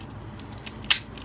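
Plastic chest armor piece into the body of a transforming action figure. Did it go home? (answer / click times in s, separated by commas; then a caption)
yes / 0.9 s. A plastic chest armor piece is pushed into its slot on the body of a transforming action figure. A few faint ticks lead up to one sharp, bright snap at 0.9 seconds as the piece seats and locks into place.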